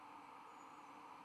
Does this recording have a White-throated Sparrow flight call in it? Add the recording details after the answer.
no. No flight call is heard. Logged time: 06:29 on 1 December 2014